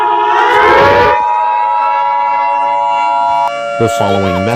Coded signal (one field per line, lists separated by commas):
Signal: Emergency Alert System (SAME) tones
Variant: 853 and 960 Hz attention tone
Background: speech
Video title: eas scenario 1# thomas.exe